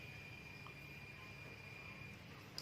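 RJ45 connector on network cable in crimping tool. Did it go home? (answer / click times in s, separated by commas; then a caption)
no / none. An RJ45 plastic connector holding a network cable is handled in a crimping tool while steady low background noise and a faint high tone continue, with a brief sharp tick at 2.6 s. Nothing has seated or clicked yet; the connector is still being readied to be squeezed until it locks.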